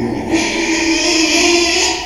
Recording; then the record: squeal of a Yucatan mini pig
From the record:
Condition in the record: after surgery on the right vocal fold (resection and tissue-engineered implant); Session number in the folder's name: 2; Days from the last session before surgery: 13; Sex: male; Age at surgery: 12 weeks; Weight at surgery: 13 kg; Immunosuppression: cyclosporine, prednisolone